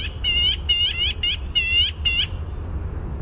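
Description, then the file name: Black-billed magpie chattering in harsh, rattling bursts, several quick volleys over about two seconds, with a low steady rumble underneath. "BBMA chatter clear"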